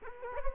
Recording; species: mosquito wingbeat signal from an infrared sensor; Culex quinquefasciatus